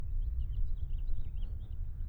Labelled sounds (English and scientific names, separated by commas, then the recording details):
House Finch (Haemorhous mexicanus) song
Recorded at WGilgo Beach on Long Island, New York, on 22 May 1975
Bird A